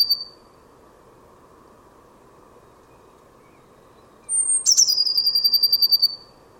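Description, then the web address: Bird call: a brief high trailing note at the start, then after a pause a high thin whistle falling into a rapid, pulsing trill. "cianscape birddata Deverinetal 2025 Bird Only Cy Ca"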